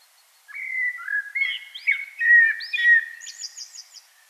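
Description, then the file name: Common blackbird song, low melodious whistles followed by higher squeaky notes and a fast thin twitter at the close. "Turdus merula"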